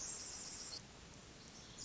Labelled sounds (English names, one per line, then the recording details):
Pacific Wren
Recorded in Sonoma County, California